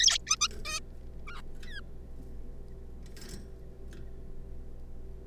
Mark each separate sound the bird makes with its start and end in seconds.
0.00-0.18, 0.27-0.36, 0.41-0.48, 0.65-0.80, 1.27-1.41, 1.67-1.81